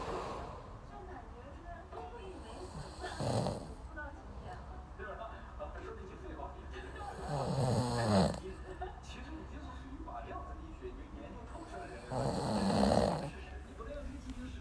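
Snoring from an adult sleeper, with loud snores recurring roughly every four to five seconds against a steady low background hum.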